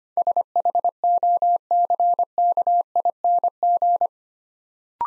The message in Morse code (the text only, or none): SHOCKING